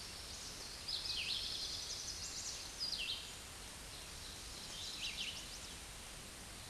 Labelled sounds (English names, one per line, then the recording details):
Red-eyed Vireo song
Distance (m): 30 m
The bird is about 5 m above the microphone
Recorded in a Pennsylvania forest on 16 May 2024 at 07:53
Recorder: AudioMoth, point MSD-0475
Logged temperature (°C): 12.3 °C
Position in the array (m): 150 m, 28 m